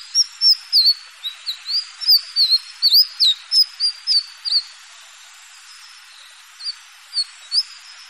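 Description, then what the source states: Birds singing with bright whistled chirps, many sharply down-slurred, in quick bursts for about five seconds, then quieter scattered notes. Mixed birds.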